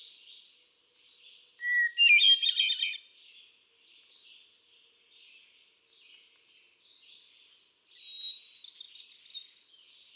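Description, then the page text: Hermit thrush song: a clear held whistle opening into a fluting, tumbling flourish, then later a higher phrase, with soft notes between. Male singing on 13 June 2006 at Quabbin Park, Ware, Massachusetts, USA; cycles through a repertoire of about ten different songs. "Birdsong for the Curious Naturalist. Hermit thrush. ♫396. A truly gifted and inspiring songster, example 1. Can you hear how he cycles through his repertoire of about ten different songs? June 13, 2006. Quabbin Park, Ware, Massachusetts"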